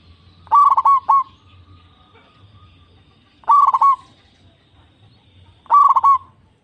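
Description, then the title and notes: Zebra dove cooing song, a quick stuttering run of bright notes with a brief rolling tail, heard three times at roughly two to three second intervals over a low hum. Local zebra dove with a loud, clear, crystal-like voice, singing eagerly. "PERKUTUT LOKAL GACOR Suara KRISTAL LANTANG. Kicau Burung Perkutut"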